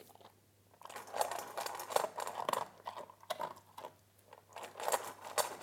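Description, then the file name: Dog eating, with bursts of crunchy chewing and biting that come in irregular clusters, separated by brief quiet pauses. "Hund frisst"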